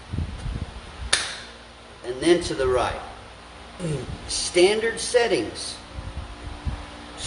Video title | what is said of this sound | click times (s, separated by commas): Apollo Precision 5 Step by Step instructions with Gravity Fed Cup | so yeah just put it on to the left until it clicks | 1.1 s